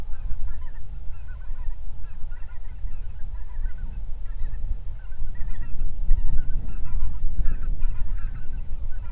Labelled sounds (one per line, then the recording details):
waterfowl
wind
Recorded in the Prudhoe Bay oil fields, Alaska, on 31 July 2019 at 07:57
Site 24